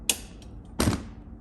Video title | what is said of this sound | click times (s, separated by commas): Roadrunner E3 Sport Assembly | turn the key backwards and you'll hear a click. | 0.1 s